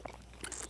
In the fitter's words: just push it down until you hear the snap which says that your battery engaged with your camera